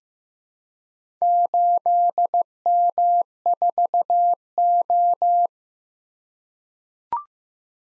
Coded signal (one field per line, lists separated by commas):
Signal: Morse code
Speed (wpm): 15 wpm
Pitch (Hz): 700 Hz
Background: none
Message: 8M4O